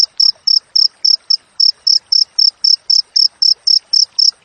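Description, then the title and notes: Cricket calling with sharp high chirps spaced about a quarter second apart, steady and unbroken, faint rustling behind. Clear, natural cricket chirping with close, tight spacing between chirps, used as training audio for songbirds and for repelling rats. "Masteran Jangkrik Alam Jernih, Jeda Rapat Cocok Untuk Masteran Burung Dan Mengusir Tikus. suara jangkrik"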